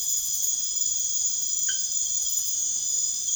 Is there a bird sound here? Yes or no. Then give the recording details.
no. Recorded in secondary vegetation near Puerto Asís, Putumayo, Colombia, on 13 March 2025 at 00:30. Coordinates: 0.489, -76.322. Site G042